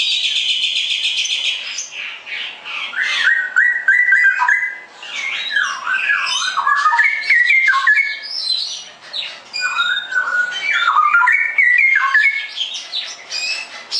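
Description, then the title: Straw-headed bulbul song: opens with a buzzy rattling note, then flows into sustained, gurgling whistled warbles that swoop up and down almost without a break. Masteran (song-tutoring) recording for caged birds; the singer is described as ropel gacor, in clear quality. "mster Mnuk. Masteran Burung CUCAK ROWO Kualitas Jernih. Cucak Rowo Ropel Gacor"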